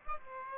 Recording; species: mosquito wingbeat signal from an infrared sensor; Aedes aegypti